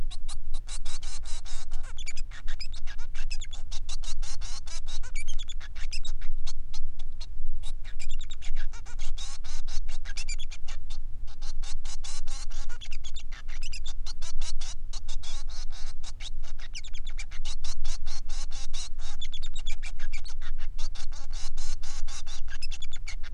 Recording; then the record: song of a male Bengalese finch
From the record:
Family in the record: son of father 3